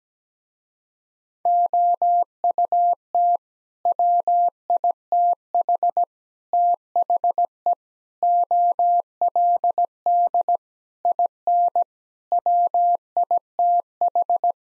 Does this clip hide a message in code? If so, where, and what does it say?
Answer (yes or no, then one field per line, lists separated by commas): yes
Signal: Morse code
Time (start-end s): 1.5-14.5 s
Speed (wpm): 17 wpm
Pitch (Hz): 700 Hz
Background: none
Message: OUT WITH THE OLD IN WITH